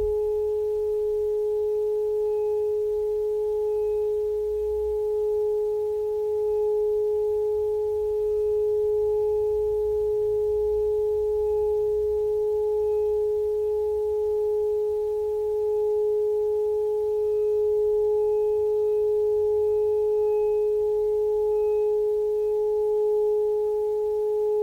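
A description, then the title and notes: A Tibetan singing bowl rings on in one long, unbroken tone, pure and steady, with a fainter higher overtone above it. The tone swells and fades in a slow, even pulse about every second. A soft low rumble runs underneath throughout. Let the sound of the Tibetian Singing Bowls do its magic.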